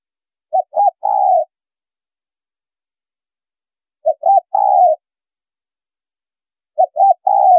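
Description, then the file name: Spotted dove cooing three times, each phrase two quick short notes and a drawn-out final coo, spaced about three seconds apart in silence. Female bird. "Tieng cu gay mai"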